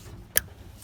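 A door mirror wiring harness plug on a 2006-2011 Honda Civic Coupe is pushed back into its mating door wiring connector. It latches with a single sharp snap at 0.4 s over a low background rumble, and the connector is seated.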